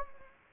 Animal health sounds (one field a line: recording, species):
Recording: mosquito wingbeat signal from an infrared sensor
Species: Anopheles gambiae